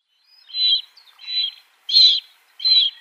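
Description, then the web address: Western marsh harrier uttering four drawn-out, harsh squealing notes spaced roughly 0.7 seconds apart, the third loudest. Female. "Schulze Peter Western Marsh-Harrier female"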